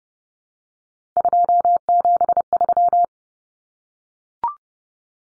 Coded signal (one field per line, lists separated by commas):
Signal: Morse code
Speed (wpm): 30 wpm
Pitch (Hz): 700 Hz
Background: none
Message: 273